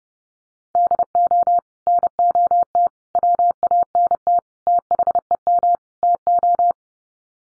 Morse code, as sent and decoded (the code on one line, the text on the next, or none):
-.. --- / -. --- - / .-- .- -. - / - .... . -- / - ---
DO NOT WANT THEM TO